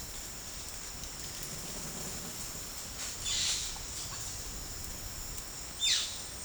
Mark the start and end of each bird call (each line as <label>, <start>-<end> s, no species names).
bird call, 3.14-3.68 s
bird call, 5.74-6.27 s